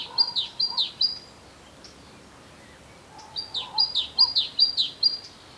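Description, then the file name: Great tit song: a short run of piercing, descending notes, a pause, then a longer repeated series of the same sharp high notes. "Parus major"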